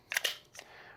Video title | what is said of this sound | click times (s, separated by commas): Tyrant CNC H&K VP9 / VP40 Extended Magazine Release - Install Guide | we heard it positively click into place we tug on the bottom it cannot be pulled out | 0.1 s, 0.2 s